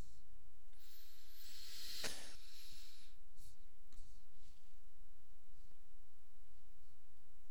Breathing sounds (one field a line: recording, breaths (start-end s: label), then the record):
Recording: nose breathing near a microphone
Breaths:
0.00-0.55 s: exhalation
0.55-3.60 s: inhalation
From the record:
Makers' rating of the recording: medium